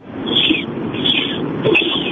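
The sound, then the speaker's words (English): A caller imitates a dolphin over a phone line with three short, high-pitched squeaky chirps, evenly spaced, over a steady bed of low background noise. “Oh, that is … doing a dolphin sound right there.”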